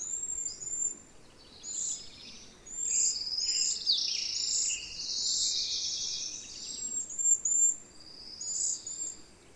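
Birds sing in overlapping high twitters, chirps and rapid trills almost continuously, several phrases layered together, with a low steady hiss underneath.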